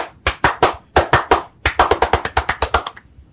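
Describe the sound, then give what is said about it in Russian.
A single person claps their hands alone, with two short groups of a few sharp claps, then a longer, quicker run of about a dozen crisp, evenly spaced claps that stops abruptly. “Я вот себя всегда заставляю хлопать в ладоши.”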